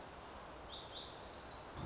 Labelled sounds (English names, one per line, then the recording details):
Lazuli Bunting
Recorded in Sonoma County, California